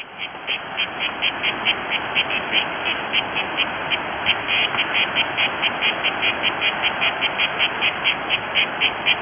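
Cicada song: steady, rapid pulses repeated about four times a second over a constant rasping hiss, with no other clear sounds.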